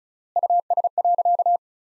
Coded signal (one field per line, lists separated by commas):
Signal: Morse code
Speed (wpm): 34 wpm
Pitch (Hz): 700 Hz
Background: none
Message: US.